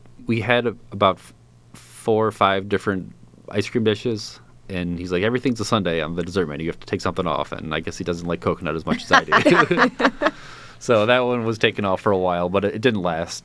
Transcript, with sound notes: We had about four or five different ice cream dishes, and he's like, everything's a Sunday on the dessert menu. You have to take something off, and I guess he doesn't like coconut as much as I do. [LAUGHTER] That one was taken off for a while, but it didn't last.